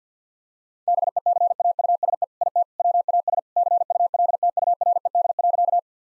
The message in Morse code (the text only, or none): BECAUSE IT WAS CULTURED.